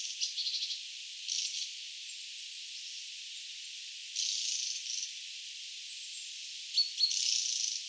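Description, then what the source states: Mistle thrush calls: harsh, buzzy rattles in several bursts, some stuttered, with a faint thin note near the end over background hiss. Calls recorded 7 October 2024.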